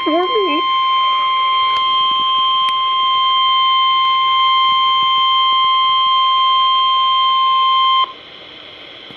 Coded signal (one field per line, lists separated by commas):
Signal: Emergency Alert System (SAME) tones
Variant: 1050 Hz attention tone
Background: speech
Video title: Tornado Warning (EAS #142)